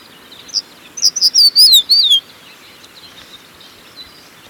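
Crested bunting singing one short phrase: a single high note, then a quick series of bright chirps that slide downward at the close, followed by quiet background hiss.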